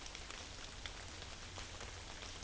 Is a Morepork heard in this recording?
no